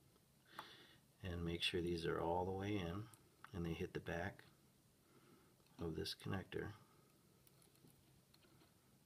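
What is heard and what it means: Someone talks while the colour-matched disc lead wires of a Young Living Tulip essential oil diffuser are lined up and pushed all the way to the back of the guide holes in a plastic quick splice connector, ahead of pressing it shut for crimping. A few faint, short ticks occur near the end, but nothing has seated or clicked yet.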